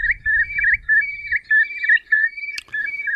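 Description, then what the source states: Eurasian curlew calling: a series of clear whistled notes repeated in quick succession, with a brief click partway through. Iconic bogland species; a pair comes to nest on the bog every year.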